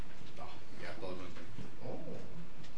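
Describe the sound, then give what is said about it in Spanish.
A pet bird named Sensei trills and warbles softly in a few short, wavering bursts, its mid-pitched chirps rising and falling over quiet background noise. “Hey, sensei, puedes hablar, trinar para el público, para que no se aburre.”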